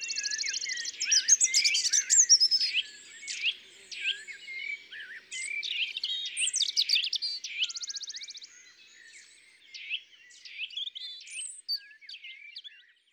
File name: Rougegorge familier ABC des chants doiseaux